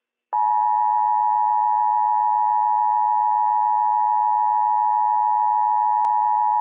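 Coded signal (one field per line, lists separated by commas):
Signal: Emergency Alert System (SAME) tones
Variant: 853 and 960 Hz attention tone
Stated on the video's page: Required Monthly Test issued by county emergency management for three Washington counties.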